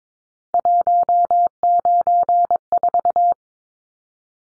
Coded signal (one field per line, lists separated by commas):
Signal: Morse code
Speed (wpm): 22 wpm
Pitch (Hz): 700 Hz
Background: none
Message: 194